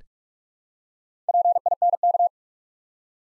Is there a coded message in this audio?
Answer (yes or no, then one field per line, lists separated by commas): yes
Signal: Morse code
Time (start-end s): 1.3-2.3 s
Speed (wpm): 44 wpm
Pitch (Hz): 700 Hz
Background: none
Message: PINK